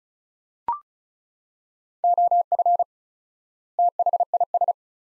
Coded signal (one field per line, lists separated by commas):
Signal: Morse code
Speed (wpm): 36 wpm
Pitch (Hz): 700 Hz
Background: none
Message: OF THIS